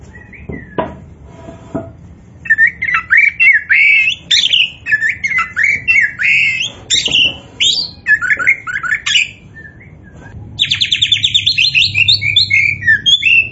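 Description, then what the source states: Oriental magpie-robin: a few clicks, then steady varied whistled phrases, ending in a fast rattling trill. Kacer poci type of Oriental magpie-robin, singing in gacor style (vigorous, continuous song).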